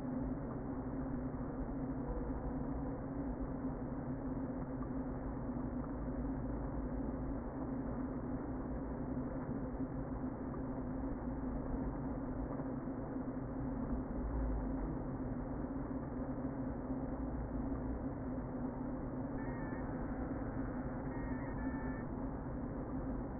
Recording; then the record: honeybee colony, microphone inside the hive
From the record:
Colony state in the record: queen present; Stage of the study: before two queens were removed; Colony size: about 60,000 bees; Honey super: yes